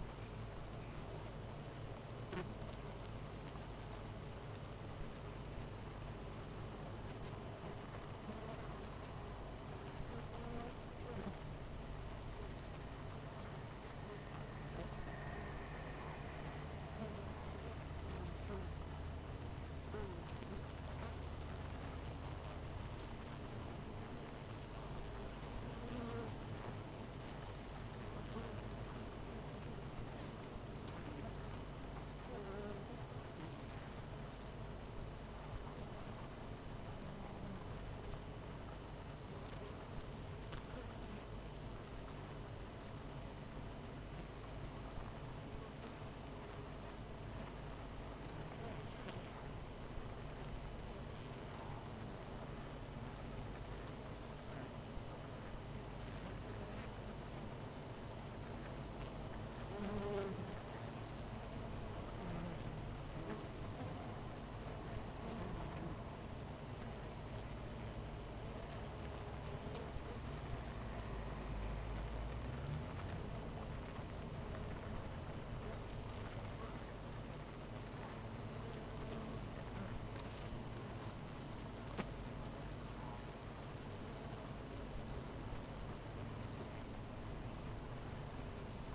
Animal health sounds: honeybee colony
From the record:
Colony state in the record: missing queen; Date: 14 July 2017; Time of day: 9:04

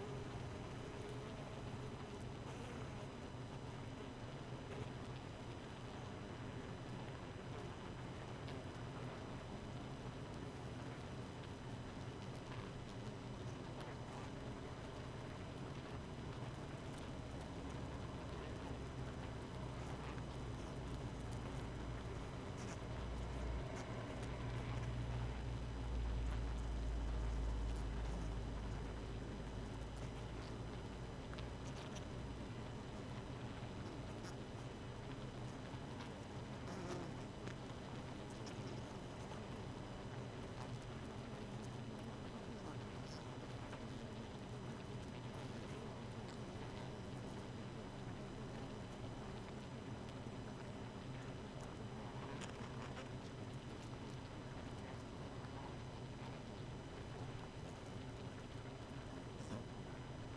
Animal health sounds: honeybee colony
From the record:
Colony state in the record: missing queen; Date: 31 May 2018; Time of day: 0:17

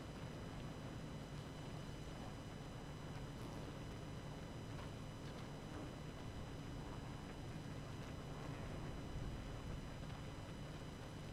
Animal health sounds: honeybee colony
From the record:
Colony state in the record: active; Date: 12 June 2018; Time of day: 19:47

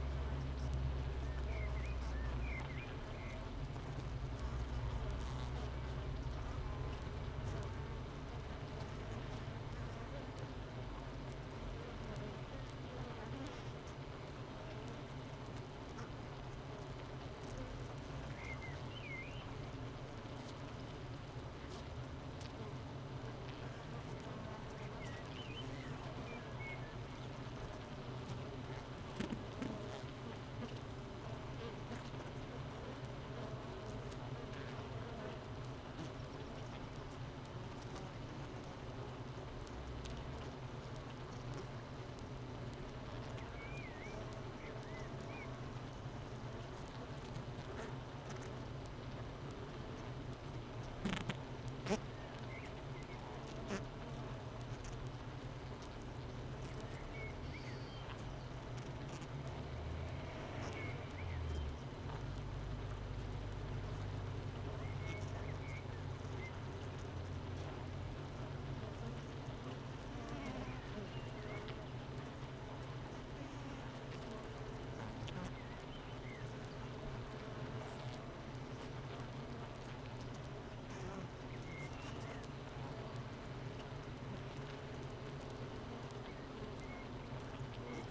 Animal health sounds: honeybee colony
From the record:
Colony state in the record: missing queen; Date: 31 May 2018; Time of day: 7:51

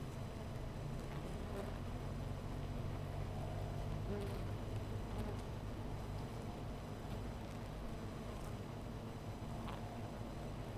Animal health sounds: honeybee colony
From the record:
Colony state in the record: missing queen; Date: 14 July 2017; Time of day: 10:45

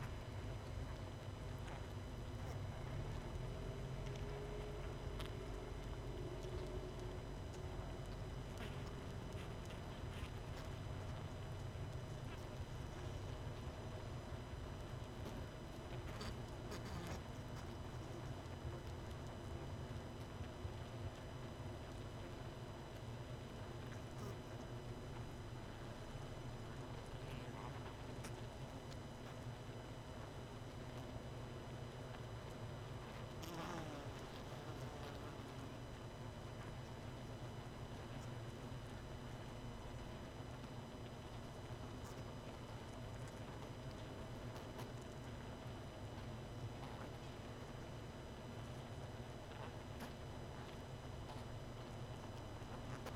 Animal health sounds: honeybee colony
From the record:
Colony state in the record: missing queen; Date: 31 May 2018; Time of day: 20:59

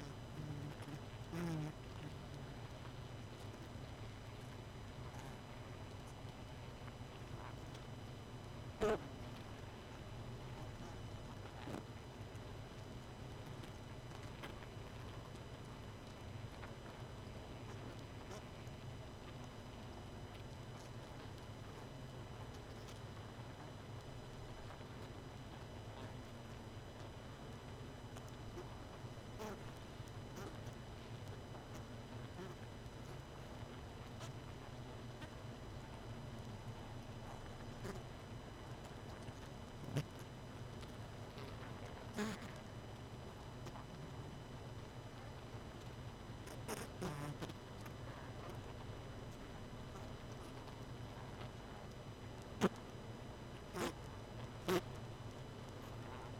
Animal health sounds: honeybee colony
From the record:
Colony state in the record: missing queen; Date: 31 May 2018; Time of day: 22:58

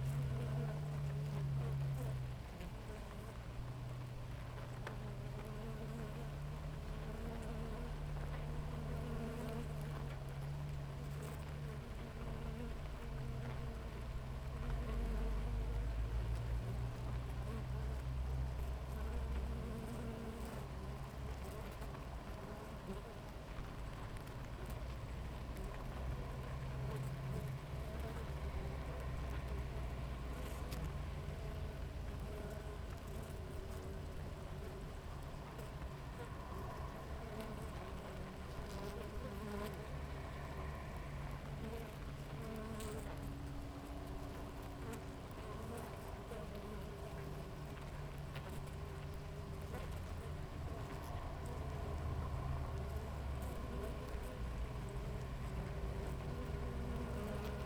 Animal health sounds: honeybee colony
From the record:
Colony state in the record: active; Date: 28 July 2017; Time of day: 6:43

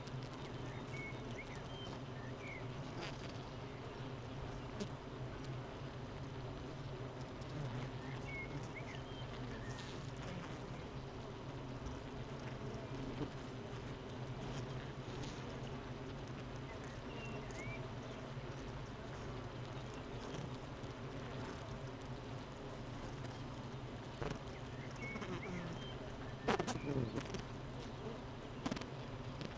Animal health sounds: honeybee colony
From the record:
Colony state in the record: missing queen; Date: 31 May 2018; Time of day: 8:05

